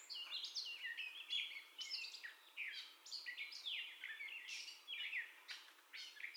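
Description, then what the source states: Gray catbird with a rapid sequence of slurred whistles, harsh squeaks and downward-sliding notes. First song, recorded 30 May 2021.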